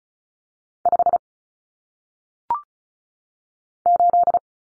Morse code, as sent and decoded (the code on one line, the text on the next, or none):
..... / ---..
5 8